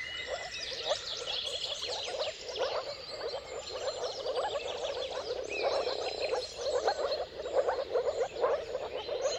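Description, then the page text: Moor frog chorus, many soft bubbling calls overlapping continuously, with high bird whistles and chirps above. Mating calls of a moor frog chorus at sunrise, at the turn of March and April depending on the weather; recorded by Jakub Orzecki. "Dawn’s Chorus: Mating Calls of Marsh Frogs at Sunrise. Depending on the weather at the turn of March and April, you can witness an amazing spectacle of moor frogs. Jakub Orzecki"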